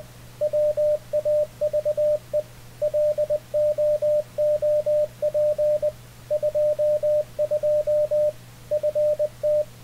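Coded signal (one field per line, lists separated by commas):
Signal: Morse code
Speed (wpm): 20 wpm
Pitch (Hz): 600 Hz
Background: radio noise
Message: WAVE LOOP 22 FT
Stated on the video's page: CW sent and received with an Icom IC-7300 via Ham Radio Deluxe; the other station sent at 20 wpm and the 7300 was set to 20 wpm.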